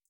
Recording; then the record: hydrophone in a shrimp aquaculture tank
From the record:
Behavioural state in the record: feeding